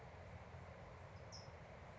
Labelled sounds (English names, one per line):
California Towhee